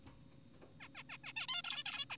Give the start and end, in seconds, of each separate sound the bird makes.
0.80-0.88, 0.95-1.03, 1.10-1.18, 1.24-1.33, 1.36-1.47, 1.48-1.62, 1.64-1.84, 1.86-2.05, 2.10-2.17